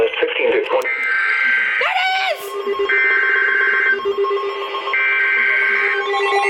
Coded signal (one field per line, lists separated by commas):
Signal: Emergency Alert System (SAME) tones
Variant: header bursts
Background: speech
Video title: Welcome to Marine Warning Land! (4/5/22) EAS #94-103!!!!